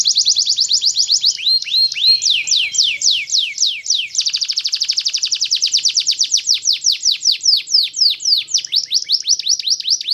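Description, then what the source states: Canary delivering continuous song: fast high trills alternating with slower, clearly separated downward-sweeping notes throughout. Local canary from Indonesia.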